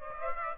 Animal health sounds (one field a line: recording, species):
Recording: mosquito wingbeat signal from an infrared sensor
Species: Aedes aegypti